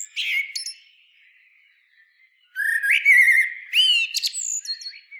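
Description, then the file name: Common blackbird with a short squeaky burst, then a longer phrase of rising whistled notes and rapid, fluttering high twitters. "Turdus merula"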